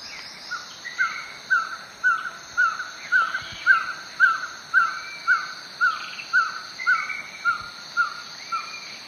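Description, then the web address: Violaceous trogon song: a long, even series of soft, hollow 'cow' notes, about two per second, over a constant high insect hum with faint other bird calls. Song, recorded in the eastern lowlands of South America. "Natures Songs S America Eastern Lowlands Trogon violaceus, song"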